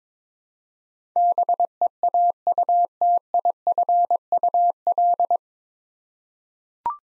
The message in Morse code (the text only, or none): BEAUTIFUL